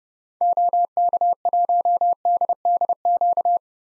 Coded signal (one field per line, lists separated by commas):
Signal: Morse code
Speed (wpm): 32 wpm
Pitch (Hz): 700 Hz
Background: none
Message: OK1DDQ